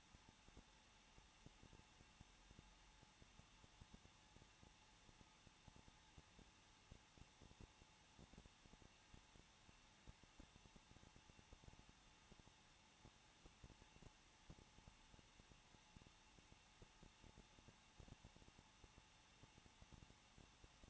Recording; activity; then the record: daily activity, microphone in the room; no activity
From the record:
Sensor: 1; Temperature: 20.1 degrees Celsius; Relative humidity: 39.3%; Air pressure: 1006.3 hPa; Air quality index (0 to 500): 218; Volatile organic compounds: 80 ppm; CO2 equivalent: 3603 ppm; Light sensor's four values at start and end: 1/2/1/1 and 1/2/1/1